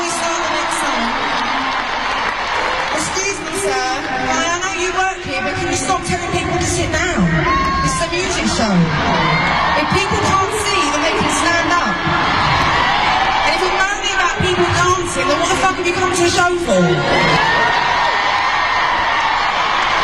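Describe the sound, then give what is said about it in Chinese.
A dense crowd of fans, many standing at the front, at a pop singer's tour concert cheers, shouts and whoops continuously throughout, loud and sustained, with voices mixed into the roar and occasional swells of excited yelling. “你别对我粉丝这么凶，听听现场的声音。”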